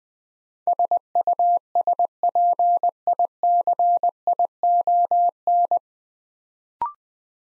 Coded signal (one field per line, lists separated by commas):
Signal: Morse code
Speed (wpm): 20 wpm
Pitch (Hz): 700 Hz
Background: none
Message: SUSPICION